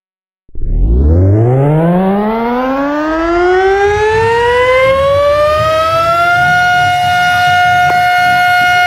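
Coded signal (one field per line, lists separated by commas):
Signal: siren signal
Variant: Codewell siren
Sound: a mechanical siren winds up from a low growl to a steady loud wail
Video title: Gamewell/Cosgrave Codewell siren short alert - roblox studio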